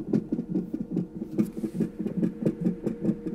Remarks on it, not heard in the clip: We could hear the baby's heartbeat through the monitor.